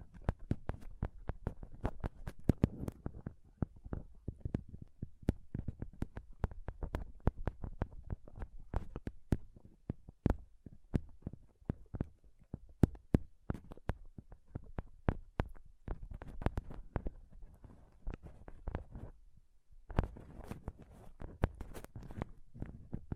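Microphone scratching and touching, a dense run of sharp thumps, taps and scrapes coming several times a second with heavy low thuds. The handling is irregular throughout, briefly pausing near nineteen seconds before resuming just as busily.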